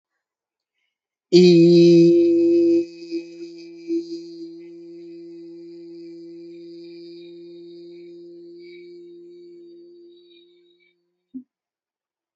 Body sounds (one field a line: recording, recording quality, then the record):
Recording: sustained vowel as in beet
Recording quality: excellent, no background noise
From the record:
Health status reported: healthy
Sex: male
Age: 37 years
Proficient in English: yes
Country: India